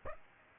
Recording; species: mosquito wingbeat signal from an infrared sensor; Aedes aegypti